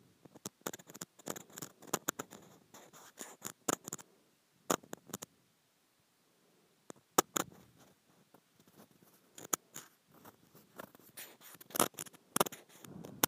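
Plastic being scratched in quick, uneven bursts of sharp, crackly strokes with a bright rasping edge. Dense clusters fill the first four seconds, then a near-silent gap with only a stray stroke around five seconds, before scratching resumes from about seven seconds to the end.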